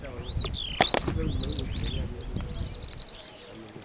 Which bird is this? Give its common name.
Superb Starling